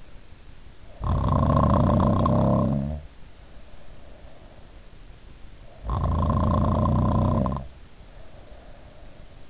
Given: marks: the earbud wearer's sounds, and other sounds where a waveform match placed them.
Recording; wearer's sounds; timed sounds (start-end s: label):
sounds in sleep by an in-ear microphone; snoring breath
0.81-4.87 s: snoring breath
5.67-9.50 s: snoring breath